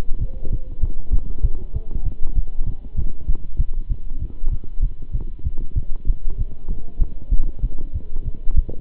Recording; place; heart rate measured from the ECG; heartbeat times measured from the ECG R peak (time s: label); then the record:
heart sounds by stethoscope; between the tricuspid and mitral areas; 194 bpm
0.18 s: heartbeat
0.49 s: heartbeat
0.80 s: heartbeat
1.11 s: heartbeat
1.42 s: heartbeat
1.73 s: heartbeat
2.04 s: heartbeat
2.34 s: heartbeat
2.65 s: heartbeat
2.96 s: heartbeat
3.27 s: heartbeat
3.58 s: heartbeat
3.88 s: heartbeat
4.19 s: heartbeat
4.50 s: heartbeat
4.81 s: heartbeat
5.12 s: heartbeat
5.43 s: heartbeat
5.74 s: heartbeat
6.05 s: heartbeat
6.37 s: heartbeat
6.67 s: heartbeat
6.99 s: heartbeat
7.30 s: heartbeat
7.61 s: heartbeat
7.93 s: heartbeat
8.23 s: heartbeat
8.55 s: heartbeat
From the record:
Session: Bruce protocol treadmill stress test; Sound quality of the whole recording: good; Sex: male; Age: 26 years